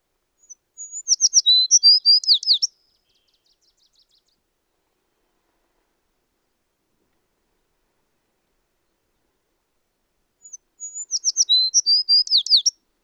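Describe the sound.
American tree sparrow singing two bright, tumbling songs of high clear notes and slurred warbles, separated by about eight seconds of silence.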